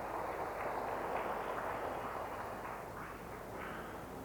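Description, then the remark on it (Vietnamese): An audience applauds steadily, a dense crackle of many hands clapping at once that holds at an even, fairly loud level for a few seconds, with no voices over it. “Quý vị đồng ý không? Nếu đồng ý bỏ một tràng pháo tay ra lớn lên.”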